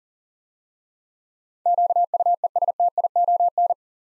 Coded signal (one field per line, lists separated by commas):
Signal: Morse code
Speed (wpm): 40 wpm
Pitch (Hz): 700 Hz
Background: none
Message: QUESTION